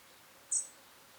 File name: Erithacus rubecula